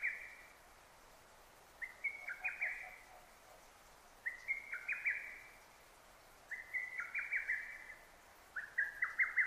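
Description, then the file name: Lesser cuckoo song: a steady series of five rapid staccato whistle phrases about every two seconds, with soft lower-pitched notes faintly audible behind. Recorded 6 June 2009. "hototogisu 20090606"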